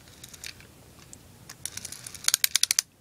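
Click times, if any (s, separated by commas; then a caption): 2.4 s. A plastic track piece from a K'NEX Mario Kart Wii Track Expansion Pack is pressed into an adjoining plastic kart-track piece while held at a chosen spot. Faint ticks and rustles are followed by a quick run of sharp, bright plastic clicks between about 2.3 and 2.8 seconds. The piece clicks in and seats at 2.4 seconds.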